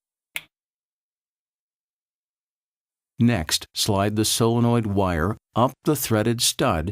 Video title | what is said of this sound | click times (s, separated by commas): Installing a Touch2O Technology Lavatory Faucet | plug the led wire into the side of the solenoid assembly until you hear a click | 0.4 s